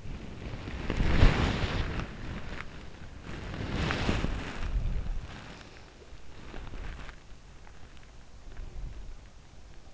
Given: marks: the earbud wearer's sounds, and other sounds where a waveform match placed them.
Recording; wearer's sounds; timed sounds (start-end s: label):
sounds in sleep by an in-ear microphone; body movement, breath
0.00-8.06 s: body movement
8.28-9.58 s: breath